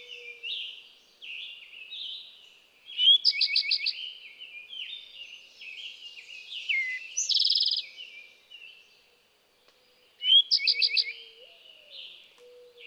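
Eastern towhee song, brief introductory notes followed by a quick rattling trill, repeated a few times amid busy background birdsong.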